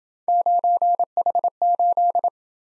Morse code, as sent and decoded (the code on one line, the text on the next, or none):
----. .... ---..
9H8